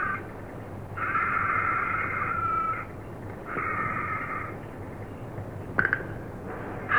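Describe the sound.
Hyrax uttering two long, steady harmonic wails of about one to two seconds each, then a brief sharp click and a short final note, low hum behind.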